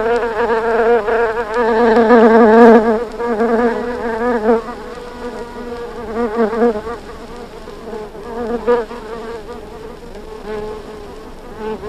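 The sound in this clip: Bumblebee buzzing, a deep humming drone loudest in the first few seconds, then softening and fluctuating as the pitch wobbles slightly.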